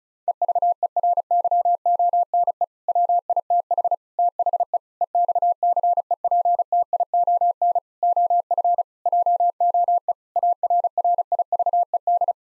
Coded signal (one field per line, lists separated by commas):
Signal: Morse code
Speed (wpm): 36 wpm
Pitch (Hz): 700 Hz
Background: none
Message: EVERYONE WITH THE EXCEPTION OF JOE ARRIVED